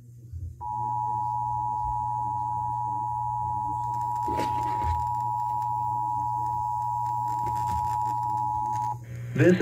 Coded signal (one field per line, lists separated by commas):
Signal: Emergency Alert System (SAME) tones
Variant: 853 and 960 Hz attention tone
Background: speech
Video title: Required monthly tests (EAS #48-56) 11/1/2021